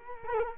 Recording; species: mosquito wingbeat signal from an infrared sensor; Culex quinquefasciatus